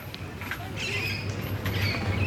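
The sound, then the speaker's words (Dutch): An Alexandrine parakeet, a large bright-green bird with a big red beak, gives harsh, repeated screeching calls in the Vondelpark, shrill and fairly loud, rising and falling over a steady low background hum. “Ja, de grote Alexander Parkiet. Dat is een heel mooie grote vogel.”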